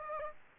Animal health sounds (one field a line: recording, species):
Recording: mosquito wingbeat signal from an infrared sensor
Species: Aedes aegypti